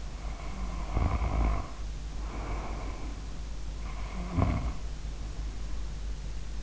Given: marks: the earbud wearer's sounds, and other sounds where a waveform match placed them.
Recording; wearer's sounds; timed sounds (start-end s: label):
sounds in sleep by an in-ear microphone; snoring breath
0.06-3.41 s: snoring breath
3.88-6.19 s: snoring breath